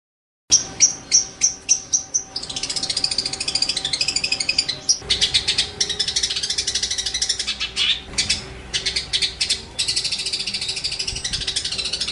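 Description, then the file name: Long-tailed shrike song: a run of sharp repeated notes giving way to extended fast trills and rattling phrases, varied throughout. Master song used for training songbirds. "cendet master. omkicau"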